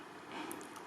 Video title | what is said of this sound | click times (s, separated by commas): gps ติดรถ gps ติดตามรถ รุ่นใหม่ ร้านไทย คุณภาพสูง ใช้งานได้จริง เสถียร | เออจะเห็นว่าดังแก๊กแล้วอ่ะก็ | 0.5 s